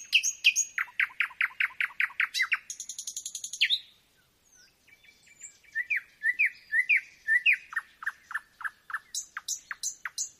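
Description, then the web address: Nightingale with a long run of rapid repeated notes, a buzzy rattle, a short gap, then whistled notes and fresh quick note series. Nightingale singing at night, a nocturnal performance. "spiew ptakow nocny wystep slowika"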